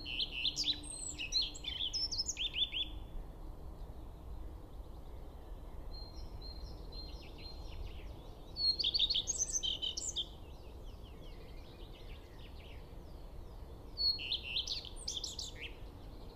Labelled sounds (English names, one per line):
Common Redstart song